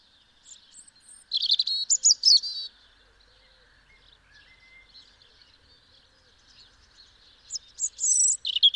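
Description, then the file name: European robin song in two separate phrases of high, tinkling whistles and trills, with a quiet pause of several seconds between them. "Erithacus rubecula"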